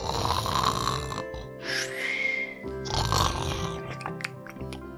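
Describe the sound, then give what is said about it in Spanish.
Loud, rasping snoring of a sleeping wolf in three long breath cycles, each a rough, grunting rumble with a whistling, airy tail, over a soft steady musical tone in the background. “En esos momentos, pasaba un cazador por delante de la casa y pensó: ¡qué ronquidos tan fuertes los de la abuela!”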